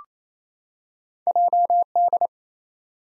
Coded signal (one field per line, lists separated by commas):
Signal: Morse code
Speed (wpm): 28 wpm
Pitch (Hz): 700 Hz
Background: none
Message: JD